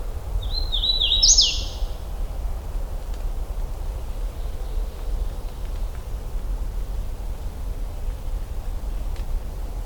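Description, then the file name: Hooded warbler singing once near the start: clear repeated whistled notes rising into an emphatic upswept ending, then quiet with low background rumble. Recorded in Michigan on 16 June 2009 at 08:34. "Wilsonia citrina 20090616 0834"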